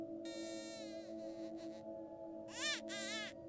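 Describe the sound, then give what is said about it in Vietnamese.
A baby cries at night in two wavering, high-pitched wails, the first longer and sliding downward, the second bending up and down, over a steady low hum. “Đúng rồi, tôi nghe là tiếng trẻ con khóc vang lên trong đêm.”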